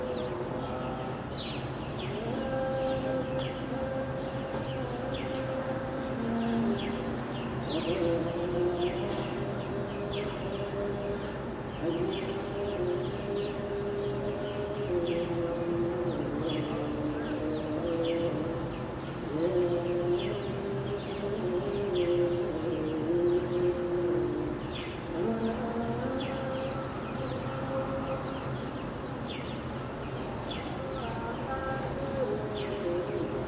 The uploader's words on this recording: Addis Ababa - Skyline - Chanting. It's a sunny morning in Addis Ababa, Ethiopia. The sounds of daily mass from a nearby Orthodox church can be heard above distant traffic and birdsong.